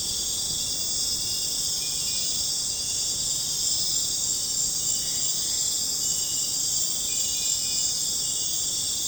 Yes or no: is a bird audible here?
no